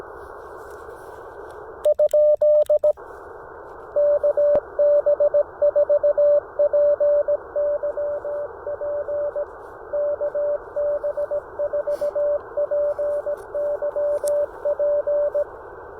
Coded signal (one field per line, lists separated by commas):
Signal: Morse code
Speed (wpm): 17 wpm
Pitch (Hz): 600 Hz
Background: radio noise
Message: ? KB4PYP KB4PYP